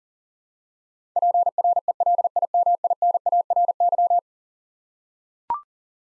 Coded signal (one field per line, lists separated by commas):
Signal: Morse code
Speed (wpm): 37 wpm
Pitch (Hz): 700 Hz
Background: none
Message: PRELIMINARY